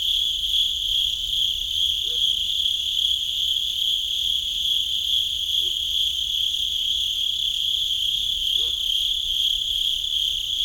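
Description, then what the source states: Cricket trilling in a steady, continuous high ring, with three faint short lower sounds in the background. Recorded at Sakhalvasho.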